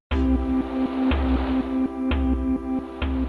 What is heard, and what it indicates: Sensors on the patient's body detect vital signs, and that makes the data into sound. Heart rate controls the tempo temperature determines the notes, and skin sweat drives the melody. Biomusic is being looked at as a way for nonverbal autistic children to express themselves. Here's a calm state of mind.